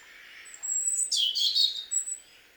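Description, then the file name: European robin giving a single short burst of high, thin, jangling notes after a soft, hissy start. "Erithacus rubecula"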